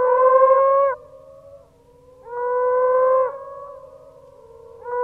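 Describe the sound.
Moaning frog calls: long, steady moaning notes, each about a second, repeated every few seconds over a quiet background.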